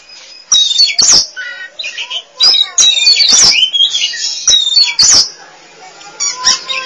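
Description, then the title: Oriental magpie-robin singing a rich, fast jumble of sweet whistles, harsh chatters and sharp clicks, with short notes tumbling over each other and brief pauses. Song (kicauan). "Suara Kicauan Burung Kacer"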